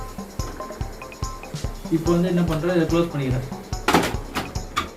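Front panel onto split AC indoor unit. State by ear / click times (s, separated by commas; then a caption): not seated / none. The plastic front cover of a Blue Star split AC indoor unit is being closed by hand while someone talks, with a few light handling knocks and two sharper thumps near 3.9 s and 4.8 s. The clip ends just before the panel is pressed home, so nothing has latched or clicked yet.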